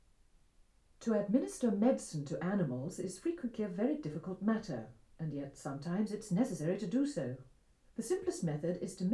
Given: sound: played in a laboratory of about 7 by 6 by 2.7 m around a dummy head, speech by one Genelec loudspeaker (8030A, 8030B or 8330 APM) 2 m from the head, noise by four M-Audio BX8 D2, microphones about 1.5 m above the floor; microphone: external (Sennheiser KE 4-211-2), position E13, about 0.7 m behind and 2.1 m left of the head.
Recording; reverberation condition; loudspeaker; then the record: female speech in English; low; 150 degrees to the left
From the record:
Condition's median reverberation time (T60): about 310 ms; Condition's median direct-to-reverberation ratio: about 3.5 dB